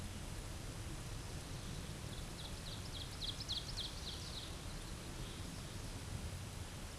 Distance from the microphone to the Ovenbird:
about 120 m